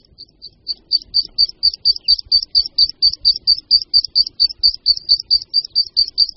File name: Linduška luční